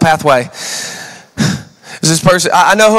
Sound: sighs